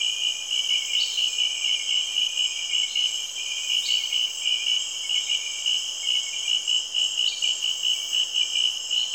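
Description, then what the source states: Shrill, unbroken insect chorus with fast pulsing trills, punctuated by a few brief higher buzzes at irregular intervals. Rainforest in Cameroon, early evening; insects heard together with frogs.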